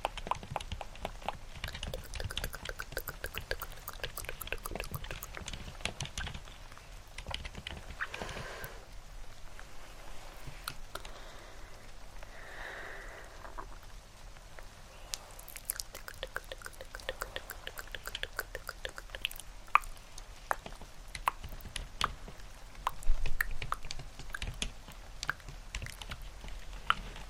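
Dense, irregular clicking and tapping runs throughout, like fast tongue clicks and keyboard typing layered over a steady rain-like hiss. Brief brighter swells appear around 8 and 12 seconds, and a few louder taps stand out near 23 seconds.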